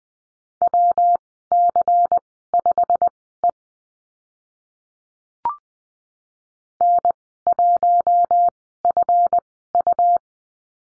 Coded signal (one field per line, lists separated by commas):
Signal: Morse code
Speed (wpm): 20 wpm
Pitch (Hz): 700 Hz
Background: none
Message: WC5E N1FU